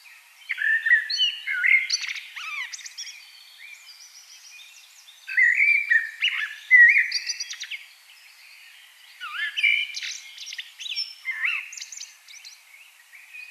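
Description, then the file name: Common blackbird song in three bursts of fluty warbling mixed with squeaky high twitters, separated by short quiet gaps. "Turdus merula"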